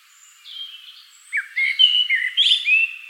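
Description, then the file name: Common blackbird song phrase: a short rich whistled warble rising into a rapid, thin twittering finish, heard clearly over a quiet background. "Turdus merula"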